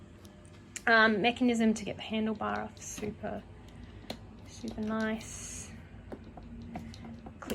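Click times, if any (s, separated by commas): 7.5 s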